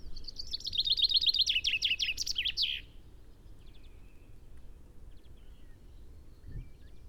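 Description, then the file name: Common chaffinch song: a bright trill that drops in pitch and ends with a flourish, followed by several seconds of quiet with a few faint chirps. "Fringilla coelebs"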